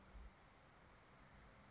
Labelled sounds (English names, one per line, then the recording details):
California Towhee
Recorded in Sonoma County, California